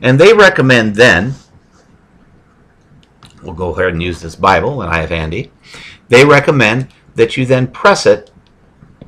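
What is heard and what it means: Someone talks while handling a TASER C2 stun device, with the plastic cartridge partly inserted into the handle, before pressing it against a hard surface. A few faint ticks are heard around 3.0 to 3.3 seconds between stretches of speech. Nothing has clicked into place yet; the cartridge is not seated.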